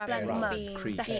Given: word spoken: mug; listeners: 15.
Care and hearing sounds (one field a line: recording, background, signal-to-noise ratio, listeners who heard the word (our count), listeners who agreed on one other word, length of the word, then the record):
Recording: one English word in noise, from a listening test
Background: four-talker babble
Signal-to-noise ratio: -2.3 dB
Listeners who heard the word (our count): 1 of 15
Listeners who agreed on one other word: 7 of 15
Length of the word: 0.80 s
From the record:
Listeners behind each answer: 7, 2, 1, 1, 1, 1, 1, 1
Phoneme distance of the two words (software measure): 44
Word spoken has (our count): 1 syllable, 3 phonemes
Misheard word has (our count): 1 syllable, 5 phonemes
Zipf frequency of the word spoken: 3.93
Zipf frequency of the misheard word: 3.91